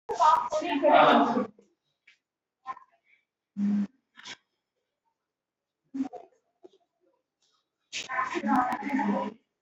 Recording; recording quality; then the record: sustained vowel as in made; poor, much background noise or distortion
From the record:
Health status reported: recovered from COVID-19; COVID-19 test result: positive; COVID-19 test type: RT-PCR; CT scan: not taken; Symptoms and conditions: cough, cold, sore throat, fever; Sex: female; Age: 31 years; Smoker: no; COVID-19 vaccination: both doses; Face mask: worn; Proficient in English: yes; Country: India